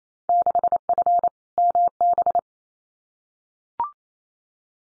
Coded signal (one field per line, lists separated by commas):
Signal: Morse code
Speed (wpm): 28 wpm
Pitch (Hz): 700 Hz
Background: none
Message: 6F MB